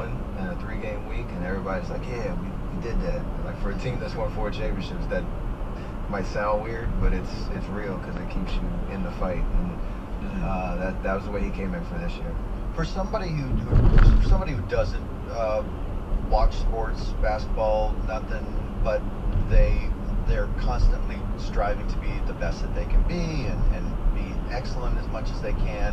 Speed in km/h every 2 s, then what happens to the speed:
47, 50, 53, 55, 52, 48, 44, 42, 45, 48, 52, 53, 55.
0-7 speeds up to 55. 7-14 slows to 42. 14-21 speeds up to 53.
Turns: none.